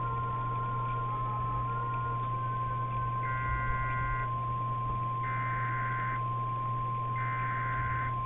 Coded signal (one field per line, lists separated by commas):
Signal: Emergency Alert System (SAME) tones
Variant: 1050 Hz attention tone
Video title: EAS 3138-3139: NWS Omaha Tornado Warning